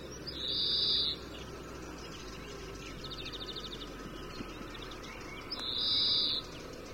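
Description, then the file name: European greenfinch giving two long, nasal, buzzy wheezes about five seconds apart, with soft twittering notes between them over steady low background rumble. "Chloris chloris"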